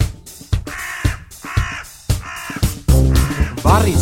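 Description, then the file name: Hooded crow giving harsh, hoarse caws, several short calls in irregular succession, with low thumping sounds throughout and a brief rising squeak near the end. "varis"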